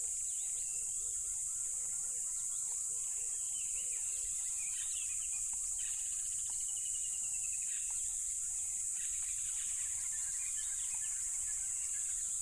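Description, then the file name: Crickets keep up a dense, unbroken high-pitched trill throughout, with low pulsing calls in the first few seconds and scattered bird chirps above. Loud crickets at a tropical river. "smartsound ATMO NATURE Tropical River Loud Crickets"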